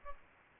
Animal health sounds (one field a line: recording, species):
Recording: mosquito wingbeat signal from an infrared sensor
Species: Aedes albopictus